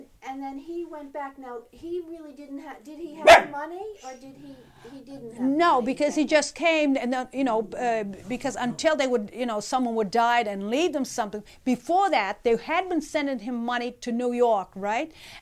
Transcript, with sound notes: And then he went back, now, he really didn't have, did he have the money, ( dog barks in the background ) or did he, he didn't have?
No, because he just came, you know, because until they were, you know, someone would die and leave him something, before that they had been sending him money to New York, right?